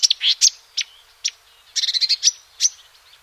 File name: marshwarbler